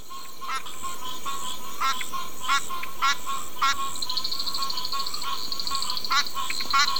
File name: Ptychadena bibroni